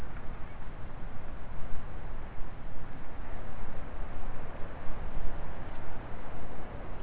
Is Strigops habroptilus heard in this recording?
no